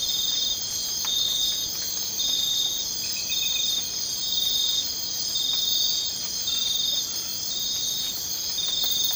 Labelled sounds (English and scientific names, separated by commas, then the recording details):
none
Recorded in dense forest near Puerto Asís, Putumayo, Colombia, on 24 March 2025 at 01:30
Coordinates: 0.500, -76.322
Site GP06